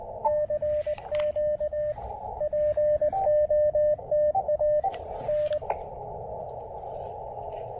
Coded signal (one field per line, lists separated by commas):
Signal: Morse code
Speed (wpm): 19 wpm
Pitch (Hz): 600 Hz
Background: radio noise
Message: CQ POTA N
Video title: POTA with one-tenth of a watt? Can it be done? Let's make an attempt!